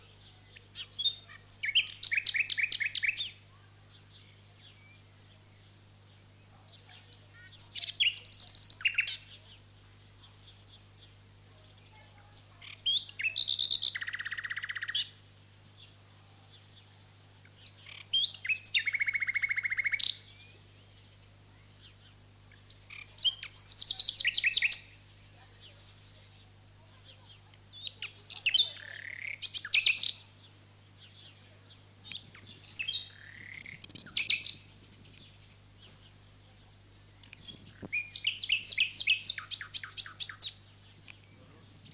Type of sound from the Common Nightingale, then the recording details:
song. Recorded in the wild. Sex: male. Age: adult. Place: Lübars, Berlin, DE. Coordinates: 52.6167, 13.35. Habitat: residential district. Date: 2006-05-12 19:00. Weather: sunny, 23°C. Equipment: Grundig CR 110, Sennheiser ME 80, Kopie Uher 4000 Report Monitor. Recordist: Tembrock, Günter